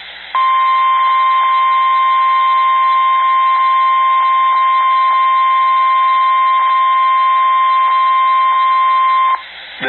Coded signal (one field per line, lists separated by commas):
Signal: Emergency Alert System (SAME) tones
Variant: 1050 Hz attention tone